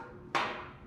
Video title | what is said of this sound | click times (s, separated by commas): How to Install Rugged Ridge WingMate Rear Bumper on a 2024 Jeep Gladiator | next we can go ahead and Port over the factory trailer receptacle it just snaps right in from the front | 0.3 s